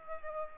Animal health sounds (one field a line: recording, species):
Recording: mosquito wingbeat signal from an infrared sensor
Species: Aedes albopictus